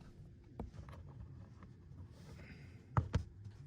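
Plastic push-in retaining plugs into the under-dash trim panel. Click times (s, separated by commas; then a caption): 0.6 s, 3.0 s. Two plastic push-in retaining plugs that help hold up the under-dash glove box trim panel of a 2021 Audi RS6 / A6 are pushed back into place with a little force during a cabin air filter change. A soft pop is heard at 0.6 s and a much louder, sharper pop at 3.0 s, followed by another quick snap just after, over low background noise. Both plugs seat in the panel.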